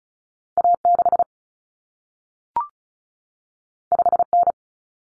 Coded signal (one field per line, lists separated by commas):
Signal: Morse code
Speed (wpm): 36 wpm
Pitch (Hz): 700 Hz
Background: none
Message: A6 5N